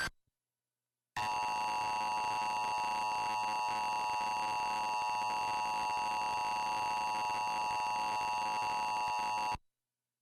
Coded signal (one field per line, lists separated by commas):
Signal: Emergency Alert System (SAME) tones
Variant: 853 and 960 Hz attention tone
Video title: Eas CENTURY Link On TV